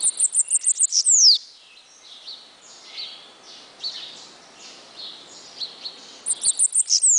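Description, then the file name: Bananaquit singing a thin, rapid string of high ticks that slides down into a sharp falling note, followed by quieter chirps, then the ticking resumes near the end. "Cambacica"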